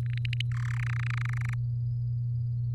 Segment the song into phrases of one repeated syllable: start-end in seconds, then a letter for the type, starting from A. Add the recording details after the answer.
0.06-0.41 A, 0.52-0.84 B, 0.86-1.54 C. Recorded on 7 May 2018 at 14:03. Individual llb16